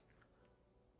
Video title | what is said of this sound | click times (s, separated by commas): 🔴9800x3d & RTX 5070Ti pc! - PC Build #295 | Looks like it's fully seated, but it doesn't. There it goes. There's the click. | 0.2 s